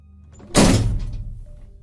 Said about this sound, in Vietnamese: Đây chính là do Trúc dùng đầu của mình mà đập vào thành cửa.